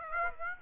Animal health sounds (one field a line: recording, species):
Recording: mosquito wingbeat signal from an infrared sensor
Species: Aedes aegypti